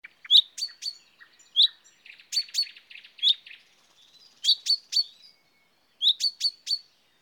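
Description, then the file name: Common chaffinch calls: bright sharp chips given in quick bursts of several notes with short pauses, plus a softer buzzy run of notes in the middle; no other sounds. "Fringilla coelebs"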